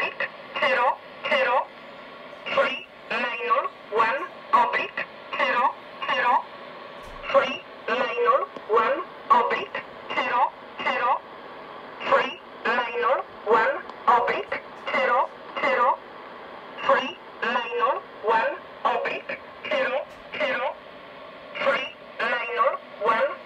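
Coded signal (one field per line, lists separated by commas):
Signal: numbers station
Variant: E07, English Man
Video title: Zahlensender E07 Nullmeldung mit Grundig, Eton Satellit 750, Tecsun S 2000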